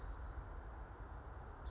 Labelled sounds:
House Finch (Haemorhous mexicanus)
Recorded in Sonoma County, California

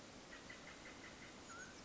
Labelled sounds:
Mountain Quail (Oreortyx pictus)
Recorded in Sonoma County, California

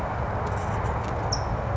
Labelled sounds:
California Towhee (Melozone crissalis)
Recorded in Sonoma County, California

